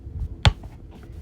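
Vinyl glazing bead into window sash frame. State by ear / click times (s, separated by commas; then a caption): seated / 0.5 s. A vinyl glazing bead is pressed with channel-lock pliers back into its groove in a vinyl window sash around double-pane glass. It snaps into place with one sharp, bright pop at 0.5 s, followed by a couple of faint ticks against low background rumble. The bead seats in the sash.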